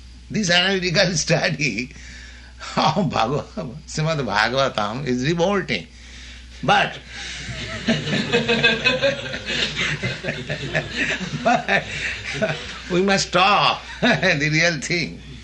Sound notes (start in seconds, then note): 2.6 chuckling; 7.2 laughter